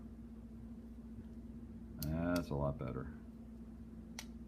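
While a Lee Oskar harmonica is reassembled after its reed plate is swapped, a plastic reed plate or cover part is pressed into the plastic comb. Someone talks over a steady low hum, and then a single sharp snap at 4.2 s seats the part nice and tight.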